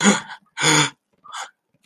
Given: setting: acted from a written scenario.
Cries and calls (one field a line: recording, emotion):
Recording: vocal sound without words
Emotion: distress